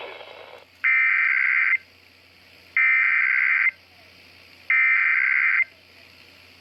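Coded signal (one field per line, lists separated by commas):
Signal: Emergency Alert System (SAME) tones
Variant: header bursts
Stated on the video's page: Tornado drill alerts.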